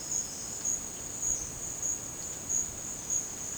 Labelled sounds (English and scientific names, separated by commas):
none